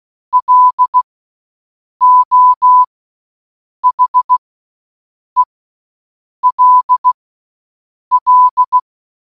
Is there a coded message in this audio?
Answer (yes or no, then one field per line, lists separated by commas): yes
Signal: Morse code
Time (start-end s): 0.3-8.8 s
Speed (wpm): 16 wpm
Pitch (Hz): 1000 Hz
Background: none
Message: LO HELL